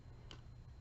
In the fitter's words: that actually snaps so you could stop when you hear that click it's closed